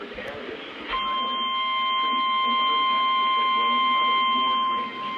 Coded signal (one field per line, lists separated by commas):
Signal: Emergency Alert System (SAME) tones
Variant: 1050 Hz attention tone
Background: speech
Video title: Sterling's Flood Party (8/5/22 - 8/6/22) (EAS #343-359)